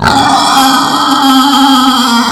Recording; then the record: squeal of a Yucatan mini pig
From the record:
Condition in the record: after surgery on the right vocal fold (resection and tissue-engineered implant); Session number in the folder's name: 16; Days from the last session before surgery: 183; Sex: female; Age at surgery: 19 weeks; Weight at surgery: 25 kg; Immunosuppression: prednisolone